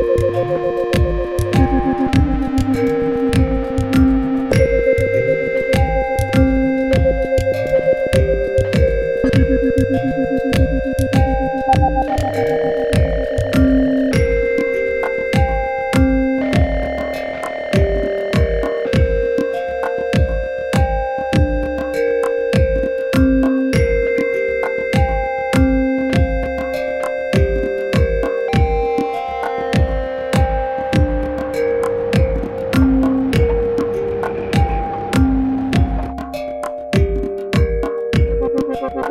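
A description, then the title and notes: Chimes and bit-crushed tones ring out in a steady, busy pattern for the whole stretch, with sustained pitched notes changing every few seconds over a repeating low pulse. Sharp gritty clicks strike regularly throughout, adding a crunchy, digital edge. Kathmandu Chime Krusher. Chimes and bit crushers.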